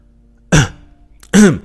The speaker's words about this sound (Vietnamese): … hắng giọng một cái